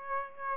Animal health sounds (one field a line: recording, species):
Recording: mosquito wingbeat signal from an infrared sensor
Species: Aedes aegypti